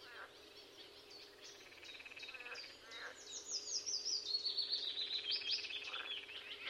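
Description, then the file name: Eurasian blackcap song, quiet and rambling at first over steady background hiss, then a brighter rapid twittering warble building in the second half. "Sylvia atricapilla"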